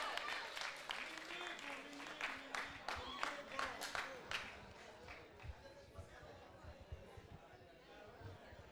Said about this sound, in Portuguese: Palmas para o poeta.